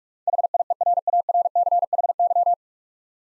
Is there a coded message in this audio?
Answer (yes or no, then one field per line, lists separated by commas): yes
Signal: Morse code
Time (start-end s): 0.3-2.5 s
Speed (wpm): 42 wpm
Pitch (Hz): 700 Hz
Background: none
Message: HIERARCHY